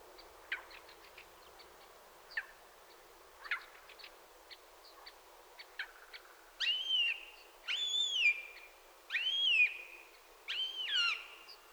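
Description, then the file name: Eurasian jay giving a scatter of sharp clicks, then four nasal, rising-and-falling mewing calls in quick succession. "Garrulus glandarius"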